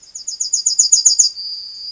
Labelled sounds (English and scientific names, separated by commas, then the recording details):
Yellowhammer (Emberiza citrinella) song
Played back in grassland
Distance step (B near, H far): B
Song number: 156